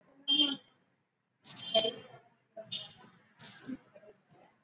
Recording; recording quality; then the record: shallow breathing; moderate, slight background noise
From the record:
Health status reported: exposed to COVID-19, no respiratory illness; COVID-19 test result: not tested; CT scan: not taken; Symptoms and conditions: none ticked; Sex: male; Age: 28 years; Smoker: no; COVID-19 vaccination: both doses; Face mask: worn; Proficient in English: yes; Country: India